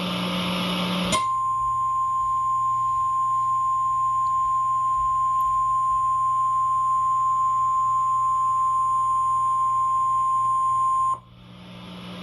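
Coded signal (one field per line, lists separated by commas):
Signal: Emergency Alert System (SAME) tones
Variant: 1050 Hz attention tone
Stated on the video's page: EAS Required Monthly Test received over cable television on CNN HD.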